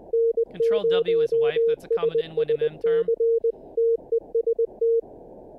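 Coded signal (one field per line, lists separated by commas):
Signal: Morse code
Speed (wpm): 20 wpm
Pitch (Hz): 460 Hz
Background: speech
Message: N0SSC TEST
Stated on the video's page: Live-streamed daily Morse code (CW) learning practice session.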